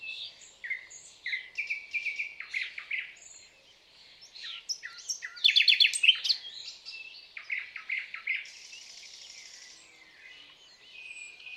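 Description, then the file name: Common nightingale song, repeated whistled notes and churring phrases building to a loud rattling burst, then a softer buzzy passage. "Luscinia megarhynchos"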